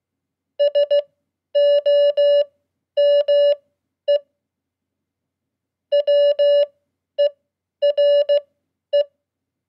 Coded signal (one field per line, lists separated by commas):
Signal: Morse code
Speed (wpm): 16 wpm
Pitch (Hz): 580 Hz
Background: none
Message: SOME WERE